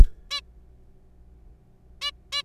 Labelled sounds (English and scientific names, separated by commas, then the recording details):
Zebra Finch (Taeniopygia guttata)
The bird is a juvenile
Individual R3428